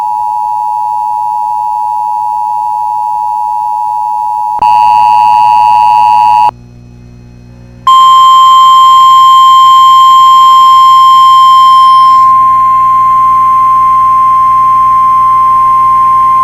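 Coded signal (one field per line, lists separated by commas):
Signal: Emergency Alert System (SAME) tones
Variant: 853 and 960 Hz attention tone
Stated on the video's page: Flood watch incorrectly toned as a flash flood watch.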